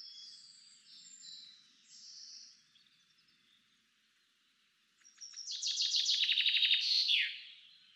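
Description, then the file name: Common chaffinch song: soft high notes early, then a bright rattling trill ending in a downward flourish. "Fringilla coelebs"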